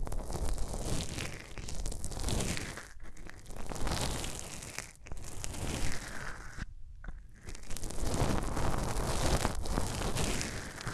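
Hands rub over ears in dense, crackly, scratchy sweeps, steady and full, with brief silent gaps near three, five and seven seconds.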